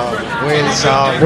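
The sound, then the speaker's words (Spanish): Dense, overlapping chatter from many voices fills a crowded indoor space, a steady loud murmur with no single speaker standing out. “Y entonces, pero hay tanta gente dentro y tanto follón que a veces no nos oyen.”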